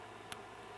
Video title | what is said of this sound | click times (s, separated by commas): lubing a mini gs and extras | I don't know if you could hear that snap but it snapped right into place and it stays on there very good | 0.3 s